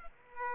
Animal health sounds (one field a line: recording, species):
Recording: mosquito wingbeat signal from an infrared sensor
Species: Aedes aegypti